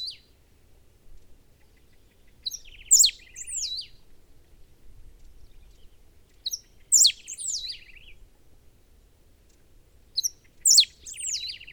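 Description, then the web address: Serin song: short high phrases of sweeping, squeaky notes ending in a thin buzzy trill, each about a second long and repeated roughly every four seconds; faint low rumble beneath. "Serra finch. صدای-پرنده-سهره-سرا"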